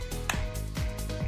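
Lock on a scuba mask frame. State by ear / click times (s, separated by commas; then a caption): seated / 0.3 s. After the small gaps of a scuba mask frame are pressed in, the frame's lock engages with a sharp, short click at 0.3 s, followed by a softer sound near 0.8 s over a steady tonal background. The lock is seated.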